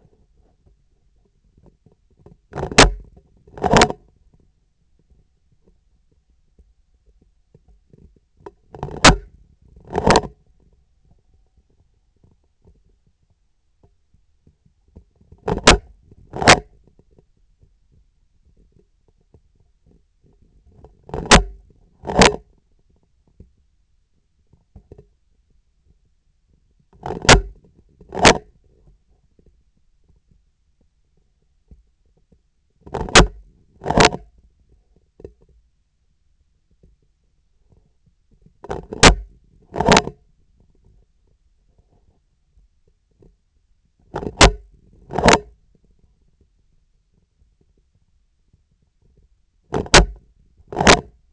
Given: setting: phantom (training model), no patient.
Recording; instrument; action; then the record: laparoscopic instrument, vibration sensor on the handle end; scissors; opening and closing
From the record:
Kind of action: tool actuation without material contact